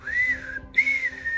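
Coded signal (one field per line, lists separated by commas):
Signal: whistled language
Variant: Silbo Gomero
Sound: two short gliding whistles, rising then falling, second held steady at end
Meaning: Good morning / good day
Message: Buenos días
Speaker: or something like that. I doubt I did it right first try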